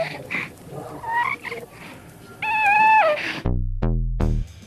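Infant with cri du chat syndrome, caused by deletion of the end of chromosome 5, usually de novo. A piercing, high-pitched cry, much higher than a normal baby's cry. This cry is the characteristic feature of the syndrome.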